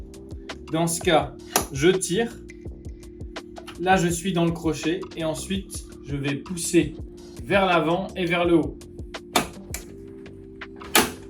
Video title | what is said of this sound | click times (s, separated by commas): Tutoriel montage - myomniRide Light / Cale-pieds détachables | Et là, vous avez entendu, on est bien enclenché. | 11.0 s